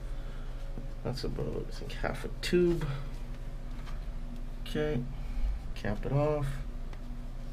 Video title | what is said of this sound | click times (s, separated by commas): Air tool maintenance tips | You hear that click. Now you got that in there. | 6.9 s